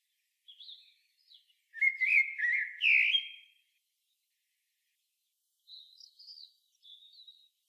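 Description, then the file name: Common blackbird song: a loud, rich fluted phrase, preceded and followed by soft, high, thin twittering notes. "Turdus merula"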